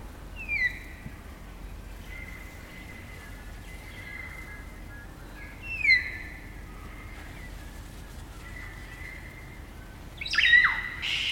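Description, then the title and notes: Kaka song: a few loud descending whistled notes over long steady whistled tones, ending with a harsh rasping burst. Eerie dusk chorus of kakas, a large parrot, singing in late spring at Karori Sanctuary near Wellington, New Zealand. "It's late spring at the Karori Sanctuary near Wellington, New Zealand and the kakas – a large species of parrot – are singing their eerie dusk chorus. BBC Countryfile Magazine's Sound Escapes Recorded by Margaret Bartlett."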